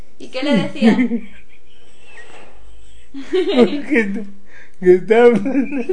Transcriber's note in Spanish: risas